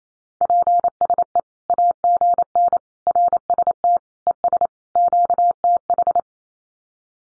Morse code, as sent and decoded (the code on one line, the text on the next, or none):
.--. ... . / .- --. -. / .-. ... - / . ... / --.- - ....
PSE AGN RST ES QTH